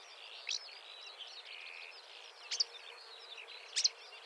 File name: suara kicauan burung marsh warbler. omkicau